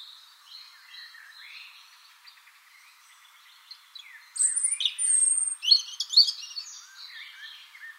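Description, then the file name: European robin song: soft warbling at first, then a loud phrase of very high thin whistles and quick trills in the second half. "Erithacus rubecula"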